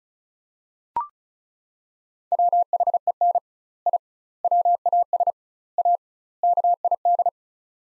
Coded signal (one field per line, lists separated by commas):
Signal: Morse code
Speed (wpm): 36 wpm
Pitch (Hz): 700 Hz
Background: none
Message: WHEN I WAS A KID